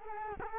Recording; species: mosquito wingbeat signal from an infrared sensor; Culex quinquefasciatus